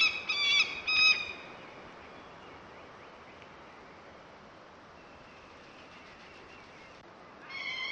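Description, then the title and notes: Peregrine falcon giving a short burst of harsh, harmonic calls at the start, then near silence, with another call beginning at the very end. Calls recorded in various parts of the world. "Verso del falco pellegrino. Angolo dei Bimbi"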